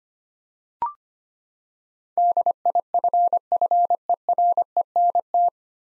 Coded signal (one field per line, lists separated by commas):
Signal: Morse code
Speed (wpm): 25 wpm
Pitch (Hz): 700 Hz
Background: none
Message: DIFFERENT